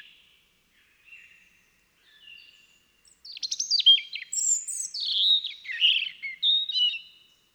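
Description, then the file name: European robin: a few soft, quiet notes, then a loud burst of sharp, tinkling warbles and high slurred whistles lasting several seconds. "Erithacus rubecula"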